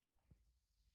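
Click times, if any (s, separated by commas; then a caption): none. A nozzle attachment is handled at the front of a cordless mini air blower, where it is meant to be held by a magnetic mount. A soft, low bump is heard around 0.3 s over faint background noise, and no one talks. Nothing has seated or clicked yet.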